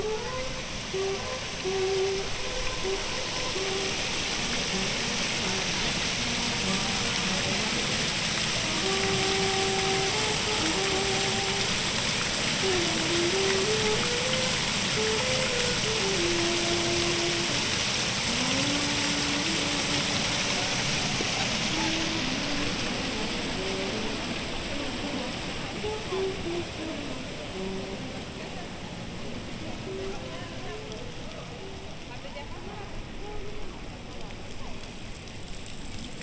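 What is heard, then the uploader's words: A central fountain splashes steadily and loudly while a faint melody drifts through and voices and passing footsteps blur into the wash. We’re back in the city centre in this episode, beside the central circular fountain where both precincts meet with Market Way and Smithford Way. The recordings were captured using a binaural microphone between January and April 2022.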